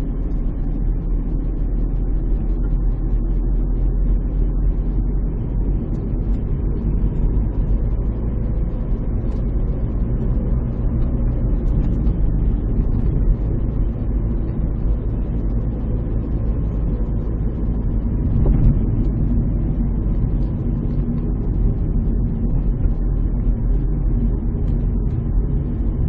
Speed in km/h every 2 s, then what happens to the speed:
32, 34, 37, 42, 47, 42, 42, 41, 39, 35, 33, 35, 35.
0-8 speeds up to 47. 8-20 slows to 33. 20-26 steady at about 35.